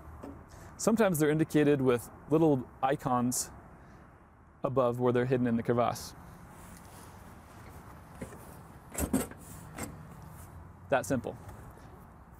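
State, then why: Seated. Someone talks, then the two ISOFIX connectors of a steel booster-seat safe are pushed onto the car's anchor points hidden in the seat crevice. Two sharp clicks are heard at 9.0 s and 9.8 s as the connectors seat and lock into place.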